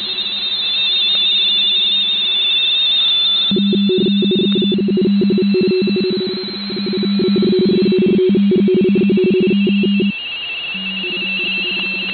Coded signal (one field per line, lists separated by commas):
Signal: RTTY